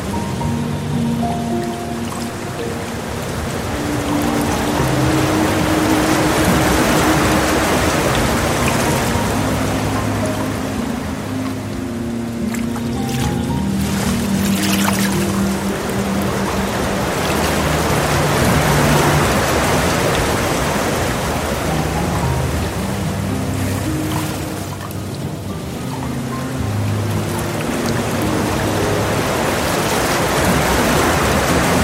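A soft water stream flows steadily and densely throughout, with gentle low piano notes rising and fading underneath the constant wash.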